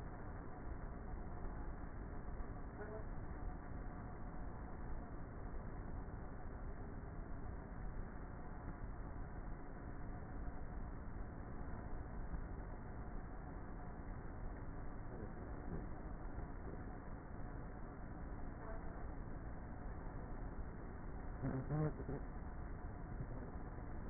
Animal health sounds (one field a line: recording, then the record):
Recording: honeybee colony, microphone inside the hive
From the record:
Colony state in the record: queenless with a low population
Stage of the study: before two queens were removed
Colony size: about 30,000 bees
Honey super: no